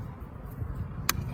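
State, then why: Seated. A new 3157 LED daytime running light bulb for a 2003 Suburban is pushed into its plastic lamp socket, with a steady low rumble underneath. A single sharp, bright click is heard at 1.1 seconds as the bulb snaps in and is seated.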